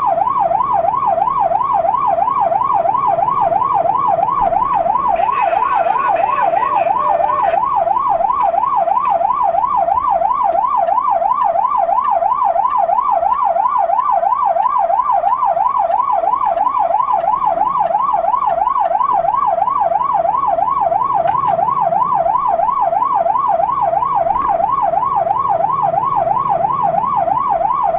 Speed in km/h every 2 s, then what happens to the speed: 45, 48, 49, 49, 45, 37, 29, 19, 16, 21, 27, 31, 37, 41.
0-7 steady at about 48. 7-15 brakes to 16. 15-28 speeds up to 41.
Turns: 17-19.